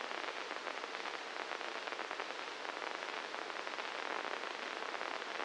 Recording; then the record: brain microelectrode recording played as sound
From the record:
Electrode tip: inside the subthalamic nucleus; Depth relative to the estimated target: 0 mm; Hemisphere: left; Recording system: NeuroSet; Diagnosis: Parkinson's disease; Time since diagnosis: 9 years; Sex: male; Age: 56 years